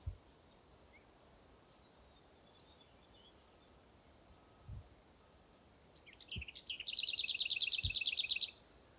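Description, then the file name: Lesser whitethroat giving a short warbled start followed by a dry, rapid rattle lasting about two seconds, after quiet stretches with a few low knocks. "kis poszata hangja"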